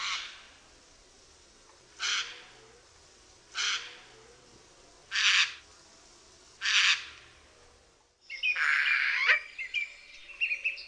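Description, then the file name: Eurasian jay screeching: five loud, broad, grating rasps spaced a second or two apart, then a burst of mixed harsher and higher squawking notes near the end. "SOJKA"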